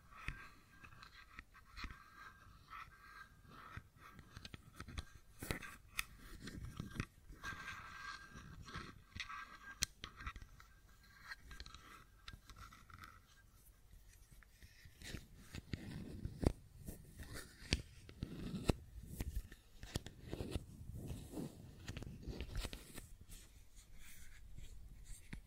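A fidget cube is tapped and clicked in a dense, irregular stream of short, sharp clicks running through the whole stretch. During the first half, a bright whirring or scraping tone sits under the clicks. Later, heavier, thumpier taps take over, with loud peaks after sixteen seconds.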